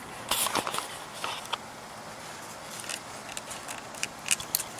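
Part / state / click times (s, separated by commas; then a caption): wiring harness connector onto engine position sensor / not seated / none. A wiring harness connector is lined up and pushed toward the replacement camshaft/crankshaft position sensor on a 2000 Acura 3.2 TL. Light handling rustles and a few sharp plastic ticks are heard against a steady low background. The connector has not latched yet; nothing has clicked or seated.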